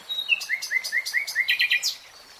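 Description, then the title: Nightingale song: a string of short whistles in even rhythm, followed by a quick buzzy trill and a high note. Real-time recording. "[Tiếng chim hót] REALTIME Nightingale Singing"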